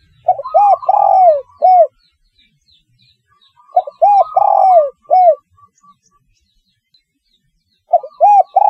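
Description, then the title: Spotted dove calling: a phrase of paired coos and one long, downslurred note, repeated every three and a half to four seconds, with faint higher chirps. "Tekukur"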